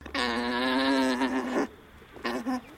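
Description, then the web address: Alpaca mating call, a long nasal buzzing drone held for about one and a half seconds, then a shorter burst after a brief pause. Male alpaca giving a mating call. "Sound Effects-Foundation 1 ANIMAL ALPACA MALE MATING CALL"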